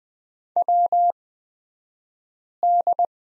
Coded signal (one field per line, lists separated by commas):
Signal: Morse code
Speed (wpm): 20 wpm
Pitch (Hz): 700 Hz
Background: none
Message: WD